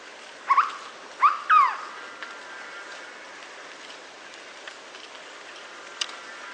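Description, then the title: Hooded berryeater giving a brief call of three loud, harmonic-rich notes, the last one drawn out and falling, followed by quiet background hiss and a faint click. "LuckyPassaro Completos2Sama. Hooded Berryeater (Carpornis cucullata)"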